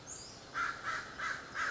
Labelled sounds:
American Crow (Corvus brachyrhynchos)
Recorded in Sonoma County, California

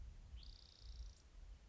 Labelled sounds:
Spotted Towhee (Pipilo maculatus)
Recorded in Sonoma County, California

